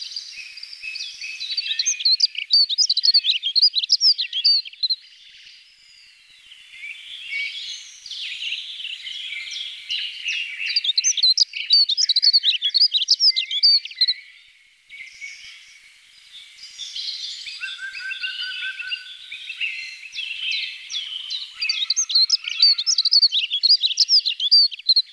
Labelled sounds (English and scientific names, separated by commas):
Dunnock (Prunella modularis) song